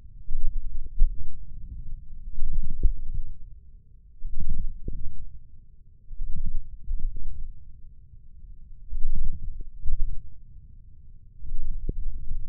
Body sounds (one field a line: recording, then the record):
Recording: forearm muscle sounds (acoustic myography)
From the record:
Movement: wrist extension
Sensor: system 1, eight BSWA MPA416 microphones around the upper forearm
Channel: 8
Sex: male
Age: 20 years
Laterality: left